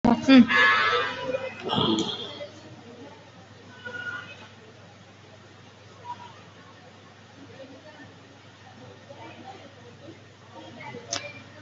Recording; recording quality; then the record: deep breathing; poor, much background noise or distortion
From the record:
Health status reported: respiratory illness, not identified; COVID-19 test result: negative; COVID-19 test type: RT-PCR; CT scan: not taken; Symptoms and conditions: cough, cold, breathing difficulty, fever, asthma, chronic lung disease, another respiratory illness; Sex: male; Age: 51 years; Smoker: no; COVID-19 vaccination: none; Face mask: not worn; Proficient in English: no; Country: India